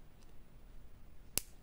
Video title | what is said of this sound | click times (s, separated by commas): Haul Temu et Shein | alors comme ça et ça se clipse voilà | 1.4 s